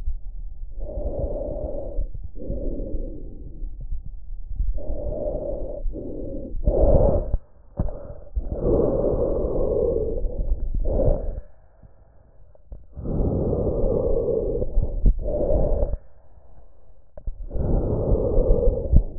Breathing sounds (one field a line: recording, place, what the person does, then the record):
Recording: lung sounds by stethoscope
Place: trachea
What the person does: quiet breathing, then deep breathing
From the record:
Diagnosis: COPD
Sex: male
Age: 77 years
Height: 164 cm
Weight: 58.2 kg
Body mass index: 21.6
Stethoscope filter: extended mode